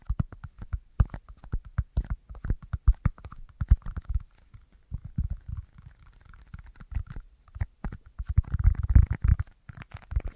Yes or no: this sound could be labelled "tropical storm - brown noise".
no